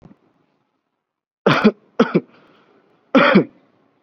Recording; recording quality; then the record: heavy voluntary cough; excellent, no background noise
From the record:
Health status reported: exposed to COVID-19, no respiratory illness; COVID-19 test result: negative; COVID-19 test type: RT-PCR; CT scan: not taken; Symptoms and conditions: none ticked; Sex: male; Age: 22 years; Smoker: no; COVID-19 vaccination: one dose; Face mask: worn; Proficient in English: yes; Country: India